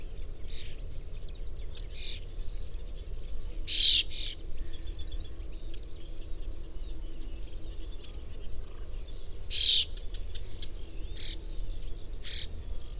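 Bird chirps, scattered short high notes with two stronger calls about six seconds apart, set against constant low-pitched background rumble.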